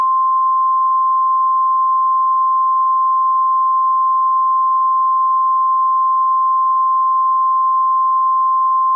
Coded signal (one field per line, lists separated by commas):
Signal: Emergency Alert System (SAME) tones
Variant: 1050 Hz attention tone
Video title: EAS Severe Thunderstorm Warning (KY, WV, and Gallia and Lawrence, OH Counties)